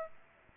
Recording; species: mosquito wingbeat signal from an infrared sensor; Aedes aegypti